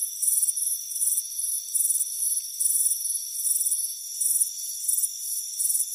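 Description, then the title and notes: Crickets give rapid high trilling chirps in rhythmic bursts over an unbroken buzzing drone. Soothing chirping. "Soothing Crickets Chirping Sound. It's a warm afternoon as you relax in a hammock on the front porch. Deep Sleep Sounds"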